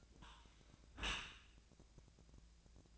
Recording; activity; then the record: daily activity, microphone in the room; close dishwasher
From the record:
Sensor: 2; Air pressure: 1000.4 hPa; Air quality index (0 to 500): 167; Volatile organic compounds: 3 ppm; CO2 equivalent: 1387 ppm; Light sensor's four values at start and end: 11/31/12/14 and 11/31/12/14